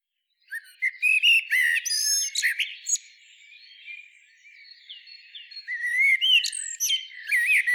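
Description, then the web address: Common blackbird song: low fluted whistled phrases, each ending in thin, squeaky high twitters, with a quieter pause midway. "SETE data Turdus merula"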